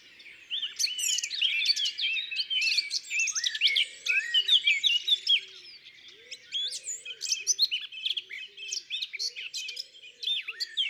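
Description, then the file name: Eurasian blackcap song, rapid, scratchy, twittering warble with sharp high notes, plus soft low hooting notes repeated in the background. Recorded in Ardèche. "Fauvette-A-Tete-Noire-Concerts-Naturels-De-l Ardeche"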